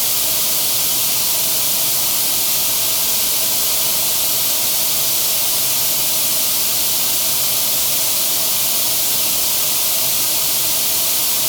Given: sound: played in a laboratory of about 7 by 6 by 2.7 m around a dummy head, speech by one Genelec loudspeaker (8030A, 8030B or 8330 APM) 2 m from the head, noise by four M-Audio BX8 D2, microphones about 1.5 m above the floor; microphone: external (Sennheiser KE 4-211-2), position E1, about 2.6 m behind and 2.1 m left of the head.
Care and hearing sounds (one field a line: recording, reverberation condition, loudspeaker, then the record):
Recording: white noise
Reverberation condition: medium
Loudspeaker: four, about 170 cm from the corners of the room and facing them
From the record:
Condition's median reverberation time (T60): about 510 ms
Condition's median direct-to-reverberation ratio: about -0.5 dB